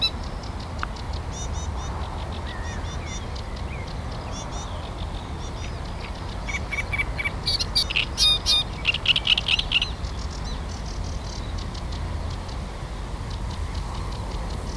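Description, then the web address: Great reed warbler singing a loud burst of harsh, croaking and chattering notes in the middle, with softer scattered chirps earlier and constant low rumble throughout. Recorded on 23 June. "linnut rastaskerttunen 2306"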